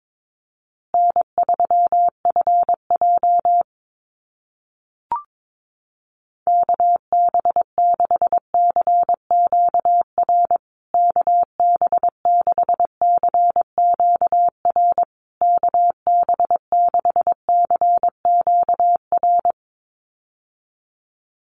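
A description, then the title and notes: A callsign is sent in Morse code, a steady mid-pitched beep keyed on and off in quick dots and dashes. One short burst opens the clip, then after a brief pause with a single click around five seconds, the code runs in longer stretches until near the end. USA Call Signs Repeated 3x 22wpm. First, the callsign is sent 3x in Morse code. Finally, it is sent again in Morse code.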